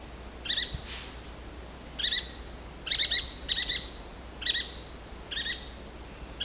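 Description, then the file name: Yellow-fronted woodpecker calls: short, sharp, high chattering notes given in clusters, some doubled, spaced irregularly, over a faint steady high background tone. "canto do benedito de testa amarela"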